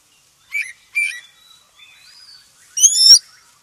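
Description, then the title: Oriental magpie-robin song with two sharp chirps, soft thin whistles, then a loud ringing phrase near the end, clean background. Black form ('kacer hitam'). "KACER HITAM"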